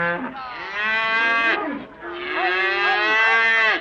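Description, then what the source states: Cow mooing twice, each a loud, drawn-out, harmonic bellow. Black and red cow.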